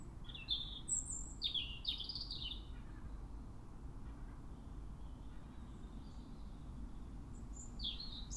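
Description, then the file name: European robin song: several high, sliding notes in the first seconds, then a quiet pause and a couple more high notes near the end, over low hiss. "Erithacus rubecula"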